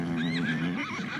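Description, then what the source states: Horse whinny, a harmonic call with a wavering pitch, over background noise. Domestic livestock horses at Noghonuur in 2006.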